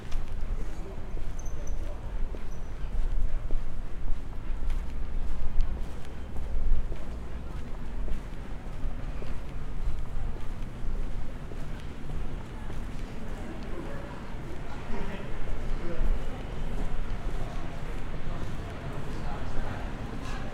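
Walking through Bath: dense, steady crowd chatter with scattered footsteps and clip-clop-like knocks, a low rumble underneath throughout.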